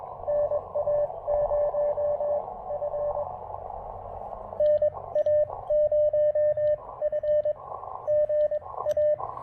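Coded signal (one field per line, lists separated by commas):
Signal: Morse code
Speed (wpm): 22 wpm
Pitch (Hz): 600 Hz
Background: radio noise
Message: NA0F NA0F GA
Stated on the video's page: QRP CW Parks on the Air activation with an Elecraft KX2 and an end-fed half-wave antenna under uncertain propagation.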